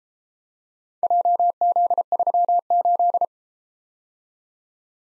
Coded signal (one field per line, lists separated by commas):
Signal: Morse code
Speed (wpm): 33 wpm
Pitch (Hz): 700 Hz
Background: none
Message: JZ38